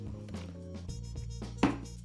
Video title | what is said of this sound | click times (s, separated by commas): Triumph Bonneville T100 Black - Attaching the Alaska 56L Top Case & Accessories | there's your release | 1.6 s